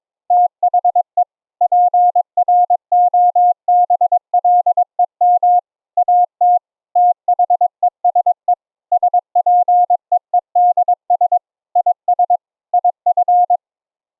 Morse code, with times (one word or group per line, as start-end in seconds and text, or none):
0.3-1.2 THE
1.6-5.6 PROBLEM
6.0-6.6 AT
7.0-8.5 THESE
8.9-11.4 SPEEDS
11.8-12.4 IS
12.7-13.6 IF